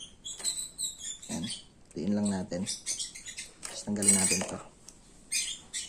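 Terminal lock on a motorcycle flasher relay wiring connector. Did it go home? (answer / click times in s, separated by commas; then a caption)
yes / 4.9 s. On a Rusi Classic 250i motorcycle, the black wire terminal has been inserted into slot B of the adjustable flasher relay wiring connector, and the connector's terminal lock is pushed back down. Someone talks throughout, and over quieter handling noise a short sharp click is heard at 4.9 s as the terminal lock snaps shut and the terminal is seated.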